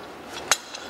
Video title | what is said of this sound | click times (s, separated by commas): RV Rental Orientation - 2015 Winnebago Minnie Travel Trailer | And then once you hear that snap in there, you're going to take that safety pin, go right back over top of it, | 0.5 s